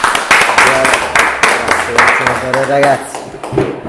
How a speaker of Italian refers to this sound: Un applauso.